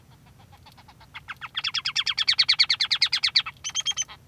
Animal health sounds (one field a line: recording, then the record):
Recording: song of a male Bengalese finch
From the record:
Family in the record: son of father 3